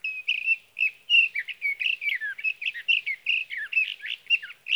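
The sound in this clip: Sage thrasher singing a sustained, rambling warble of rapid slurred notes that runs throughout.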